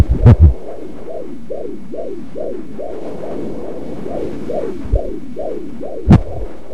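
Rapid, regular whooshing pulses repeat at about 130 per minute over a low steady hum, with a few loud handling knocks near the start and end. The steady rhythm is a heartbeat.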